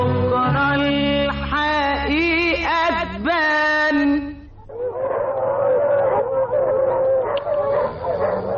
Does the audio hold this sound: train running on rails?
no